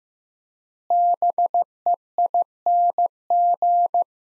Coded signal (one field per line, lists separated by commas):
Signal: Morse code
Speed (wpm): 15 wpm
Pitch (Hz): 700 Hz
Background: none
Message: BEING